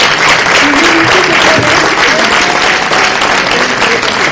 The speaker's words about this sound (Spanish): ¿Podemos considerar entonces que se aprueba por consenso y por absoluta mayoría? Sí. Muy bien, pues esto merece un aplauso de los primeros, ¿no?